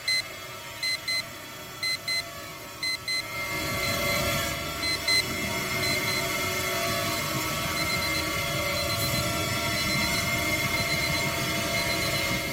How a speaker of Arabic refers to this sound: لأن المنبه رن تاني علشان أرجع.